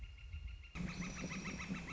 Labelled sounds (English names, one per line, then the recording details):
Northern Flicker
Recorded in Sonoma County, California